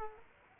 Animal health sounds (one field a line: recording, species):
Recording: mosquito wingbeat signal from an infrared sensor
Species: Culex quinquefasciatus